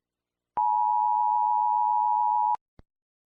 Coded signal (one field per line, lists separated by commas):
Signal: Emergency Alert System (SAME) tones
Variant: 853 and 960 Hz attention tone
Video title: EAS SCENARIO 2: The Tornado Outbreak of the Century